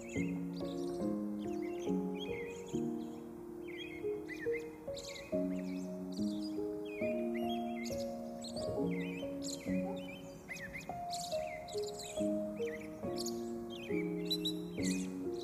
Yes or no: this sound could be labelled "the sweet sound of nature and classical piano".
yes